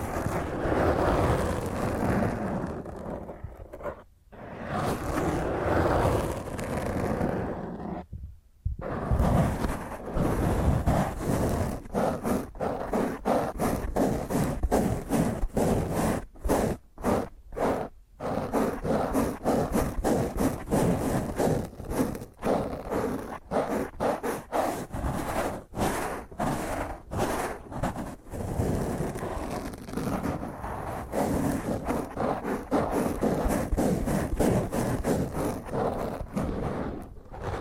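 Fingernails scratch roughly and intensely across a microphone in a dense, grating rasp that runs almost without pause. The scraping comes in rapid strokes with brief silent gaps near 4, 8 and 17 seconds, and its loud, heavy rumble stays steady throughout.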